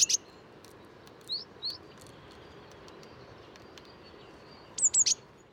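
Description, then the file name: Eurasian blue tit giving a brief high, thin burst at the start, two soft short chips, then another rapid series of high notes near the end; light background hiss. "Cyanistes caeruleus"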